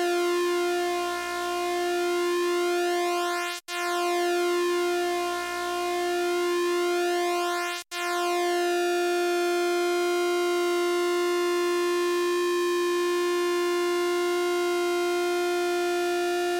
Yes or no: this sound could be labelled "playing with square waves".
yes